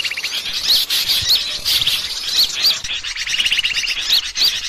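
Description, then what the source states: Bird calls: faint rattling trills and repeated high rising whistles over steady hiss, overlapping calls throughout. Lure call (pikat) of a thousand birds.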